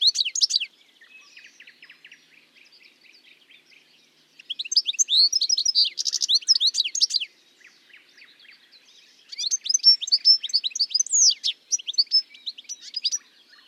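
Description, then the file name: European goldfinch singing in three bursts of fast, jingling twitters and buzzy trills, with softer scratchy notes filling the gaps between phrases. "life dviete. carduelis carduelis"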